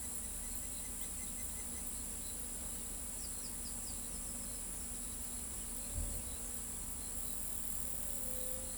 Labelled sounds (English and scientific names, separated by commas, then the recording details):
none
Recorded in pastures near Pivijay, Magdalena, Colombia, on 5 June 2023 at 07:30
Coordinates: 10.456, -74.369
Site P6-G026